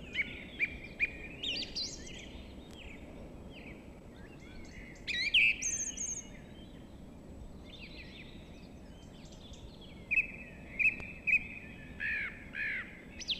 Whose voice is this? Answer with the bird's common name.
Song Thrush